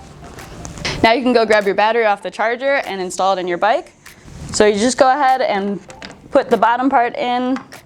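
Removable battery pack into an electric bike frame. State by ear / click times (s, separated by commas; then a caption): not seated / none. A removable battery pack, just taken off its charger, is handled as its bottom end is set into the frame of a Bakcou Storm electric bike, with a couple of brief sharp knocks near 0.7 seconds. Someone talks throughout. Nothing has seated or clicked yet.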